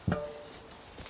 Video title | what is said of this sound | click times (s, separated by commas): Wheelsmith convertible 11 to 12 speed wheels | That was it, popped into place. | 0.1 s